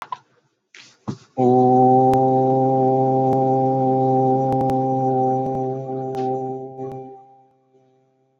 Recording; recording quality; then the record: sustained vowel as in boot; moderate, slight background noise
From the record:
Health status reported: healthy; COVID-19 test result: not tested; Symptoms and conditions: none ticked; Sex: male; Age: 31 years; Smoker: not ticked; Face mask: not worn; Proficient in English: yes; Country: India